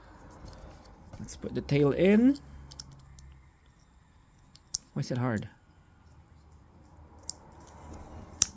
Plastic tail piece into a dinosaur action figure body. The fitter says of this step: There. Hear the click.